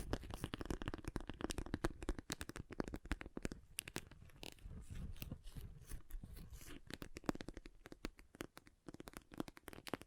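Water beads are handled and poured in a dense, continuous patter of tiny clicks and squishy taps throughout. The clicks crowd together in busy clusters, thinning briefly around four to six seconds before picking up again with sharper, brighter snaps toward the end.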